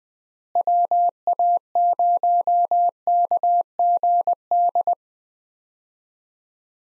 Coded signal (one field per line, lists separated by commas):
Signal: Morse code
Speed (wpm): 21 wpm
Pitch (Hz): 700 Hz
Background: none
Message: WA0KGD